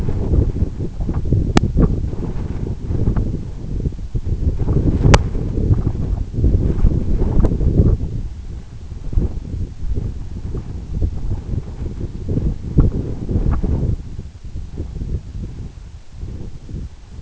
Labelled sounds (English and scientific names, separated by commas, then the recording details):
none
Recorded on Arctic tundra, site EABA-1, on 26 June 2018
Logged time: 04:00